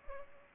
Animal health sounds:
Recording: mosquito wingbeat signal from an infrared sensor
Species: Culex pipiens

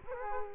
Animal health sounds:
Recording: mosquito wingbeat signal from an infrared sensor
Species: Culex quinquefasciatus

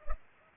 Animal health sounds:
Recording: mosquito wingbeat signal from an infrared sensor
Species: Culex pipiens

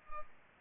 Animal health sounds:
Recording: mosquito wingbeat signal from an infrared sensor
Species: Culex pipiens

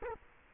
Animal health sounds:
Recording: mosquito wingbeat signal from an infrared sensor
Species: Culex quinquefasciatus

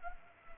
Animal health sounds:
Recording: mosquito wingbeat signal from an infrared sensor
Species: Culex pipiens

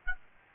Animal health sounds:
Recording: mosquito wingbeat signal from an infrared sensor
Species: Aedes albopictus

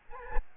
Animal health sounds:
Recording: mosquito wingbeat signal from an infrared sensor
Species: Aedes albopictus

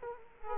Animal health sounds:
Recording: mosquito wingbeat signal from an infrared sensor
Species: Culex quinquefasciatus

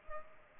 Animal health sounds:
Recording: mosquito wingbeat signal from an infrared sensor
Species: Culex pipiens

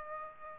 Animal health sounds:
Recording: mosquito wingbeat signal from an infrared sensor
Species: Aedes aegypti

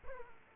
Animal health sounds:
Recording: mosquito wingbeat signal from an infrared sensor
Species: Aedes aegypti

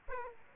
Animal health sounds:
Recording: mosquito wingbeat signal from an infrared sensor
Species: Aedes aegypti

